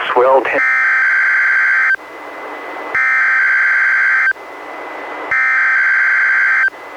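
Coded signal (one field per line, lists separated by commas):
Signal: Emergency Alert System (SAME) tones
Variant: header bursts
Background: speech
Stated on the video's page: Required weekly test relayed by a NOAA Weather Radio station, received on a Reecom R-1630 weather radio and recorded through a Zoom H1 recorder.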